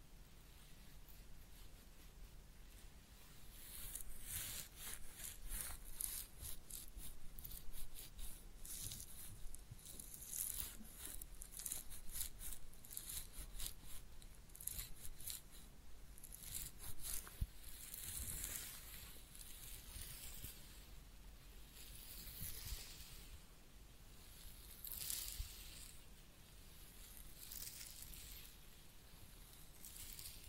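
A head massage with ear cleaning: fingers rub and scratch through hair in quick, dense bursts of crisp, hissy friction that keep coming throughout. A soft low rumble runs underneath, and the rubbing swells and eases in uneven waves.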